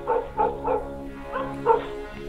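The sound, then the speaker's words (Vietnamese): A village dog barks in two bouts: three quick mid-pitched woofs, a short pause, then two more. The barks are fairly loud, with a faint low hum underneath and no talking. “Cứ mỗi một lần có cái tiếng xào xào như vậy là chó ở trong xóm á, nó lại tru lên nhiều hơn, nó cắn dữ dội hơn, từng chập một, nghe sốt cả ruột.”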